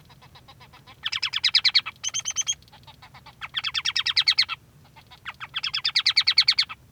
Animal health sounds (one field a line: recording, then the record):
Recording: song of a male Bengalese finch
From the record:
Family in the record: son of father 3